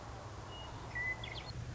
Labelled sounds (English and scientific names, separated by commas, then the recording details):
Western Meadowlark (Sturnella neglecta)
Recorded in Sonoma County, California